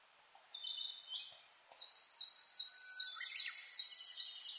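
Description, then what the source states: Coal tit giving a few thin high notes, then a bright, rapid series of repeated two-note phrases that goes on to the end. Recorded 10 June 2009 at 06:39 in the morning.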